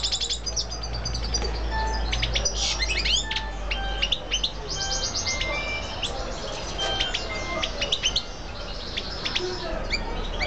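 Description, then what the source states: Canary singing loosely: scattered high chirps, short whistled notes and a few brief trills spread throughout, with a steady low hum underneath. Female.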